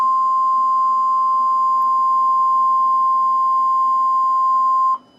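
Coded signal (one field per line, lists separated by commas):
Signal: Emergency Alert System (SAME) tones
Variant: 1050 Hz attention tone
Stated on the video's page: Simulated EAS scenario recreating severe weather coverage, not a real broadcast.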